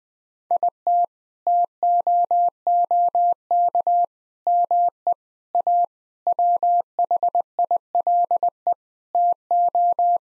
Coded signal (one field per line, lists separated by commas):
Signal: Morse code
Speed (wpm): 21 wpm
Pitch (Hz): 700 Hz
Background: none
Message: IT TOOK ME A WHILE TO